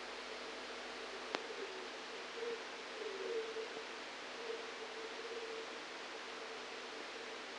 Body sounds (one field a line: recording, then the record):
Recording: brain microelectrode recording played as sound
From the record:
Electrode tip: outside the subthalamic nucleus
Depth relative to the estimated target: 4 mm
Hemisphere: right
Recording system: NeuroSet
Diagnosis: Parkinson's disease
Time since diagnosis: 7 years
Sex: male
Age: 69 years